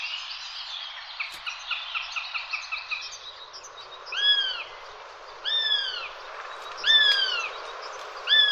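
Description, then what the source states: Northern Goshawk calls: a quick series of short notes, followed by several drawn-out, downslurred wailing cries. Bird of prey whose call the jay imitates; could threaten a jay-sized bird or hare-sized mammal.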